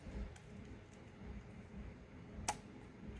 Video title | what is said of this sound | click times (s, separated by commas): SF V3 Custom Chassis Removal and Insertion Demo for the KR OR Revenge Hilt | i felt that little snap and it goes all the way down you really want to be careful to make sure it really does go in the depression | 2.5 s